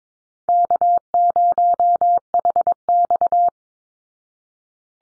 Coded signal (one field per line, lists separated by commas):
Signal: Morse code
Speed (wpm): 22 wpm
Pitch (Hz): 700 Hz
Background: none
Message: K0HX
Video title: Easy Call Signs Repeated 2x 22wpm